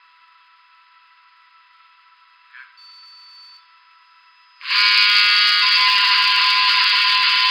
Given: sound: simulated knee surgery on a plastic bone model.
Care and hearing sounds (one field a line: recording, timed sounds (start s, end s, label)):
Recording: surgical tools on bone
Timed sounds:
4.77	7.50	sawing